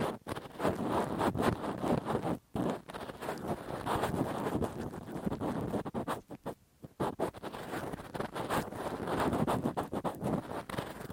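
Rough, deep ear cleaning with a Q-tip and ear pick: dense, crackling scraping and rubbing that fills the low and middle range almost continuously. Brief dropouts break the texture near 2.5 seconds and around 6.5 to 7 seconds before the harsh rustling resumes.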